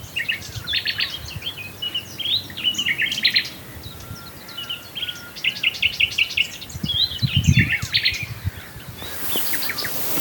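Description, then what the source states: Common nightingale song in clipped bursts of fast repeated notes and chirps, phrases following one another with brief gaps, a hiss at the end. Swale.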